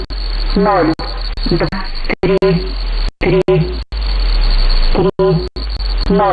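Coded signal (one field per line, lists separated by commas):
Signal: numbers station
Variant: S06s, Russian female voice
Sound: a woman's voice reading short words through heavy radio hiss, with brief dropouts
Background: radio static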